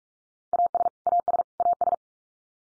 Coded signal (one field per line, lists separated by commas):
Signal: Morse code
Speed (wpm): 44 wpm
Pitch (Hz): 700 Hz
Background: none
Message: AS AS AS